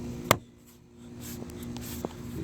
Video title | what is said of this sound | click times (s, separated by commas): How to replace 2002-2009 dodge ram 1500 heater core detailed | You should hear that snap. | 0.3 s